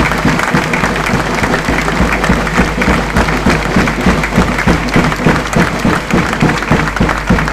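Sustained audience applause, a dense steady clatter of many hands clapping at an even loudness throughout, with no voices rising above it.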